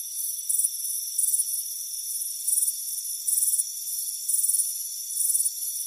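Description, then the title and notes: Crickets giving high trilled chirps at irregular spacing, about six, while a faint steady whine continues underneath. Crickets chirping on a warm afternoon on a front porch, a soothing sound. "Soothing Crickets Chirping Sound. It's a warm afternoon as you relax in a hammock on the front porch. Relax and fall asleep to the soothing sound of chirping crickets. Deep Sleep Sounds"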